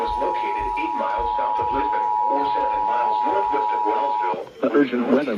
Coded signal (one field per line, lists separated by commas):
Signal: Emergency Alert System (SAME) tones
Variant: 853 and 960 Hz attention tone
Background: speech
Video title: START TO 2026… EAS Alerts from 3/7/26 EAS#414-EAS#441